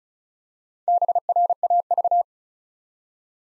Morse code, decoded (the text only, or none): BRAV